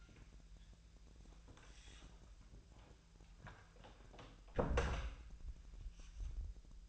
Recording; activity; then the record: daily activity, microphone in the room; close door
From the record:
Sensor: 2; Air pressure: 1001.3 hPa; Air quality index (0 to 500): 244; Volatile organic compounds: 79 ppm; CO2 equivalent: 3596 ppm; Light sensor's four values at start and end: 10/25/10/11 and 10/24/10/10